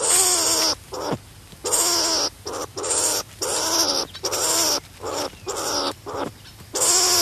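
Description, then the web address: Striped skunk giving harsh, harmonic squealing screeches in bursts of under a second, repeated with brief silent gaps between them. "earth naturelibrary assets s st striped skunk"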